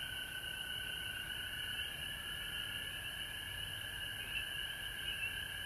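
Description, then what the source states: Chorus of frogs with two steady trilling layers, one high and one mid-pitched, over a faint high background hiss. Frogs recorded at home in Georgia on March 19, 2020.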